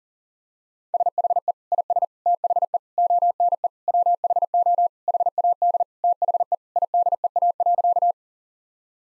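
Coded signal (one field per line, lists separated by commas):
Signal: Morse code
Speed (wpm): 40 wpm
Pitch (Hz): 700 Hz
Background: none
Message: SHE IS THE ONE WHO HAD THE IDEA.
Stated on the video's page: Morse practice at 40 wpm: sentences built from common two-word phrases, each sent twice for head-copy training.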